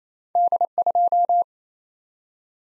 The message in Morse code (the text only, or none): D2